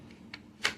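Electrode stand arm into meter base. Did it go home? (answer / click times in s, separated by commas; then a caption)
yes / 0.7 s. The plastic peg on the electrode stand arm of an EI Deep Vision pH Meter-111 is set into the small holes in the meter base and rotated to twist-lock it. A faint tick at 0.1 s and a sharper tap at 0.3 s are followed by a loud, crisp click at 0.7 s as the arm locks into the base and is seated.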